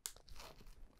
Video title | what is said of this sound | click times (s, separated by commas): Great New Tools for Painters and Decorators. Sanding Will Never be the Same! | locks into place and now this thing is strapped on your sander and | 0.1 s